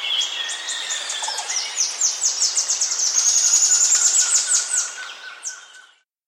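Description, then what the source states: Russet antshrike gives a long series of rapid, high, thin notes that grows louder midway, over a steady whistled tone and chirps from other birds. South America.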